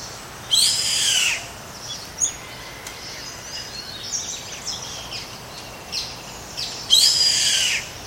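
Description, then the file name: Bird uttering two harsh screeches about six seconds apart, with faint scattered chirps and hiss between them. "SABIOD 50 bird 2015"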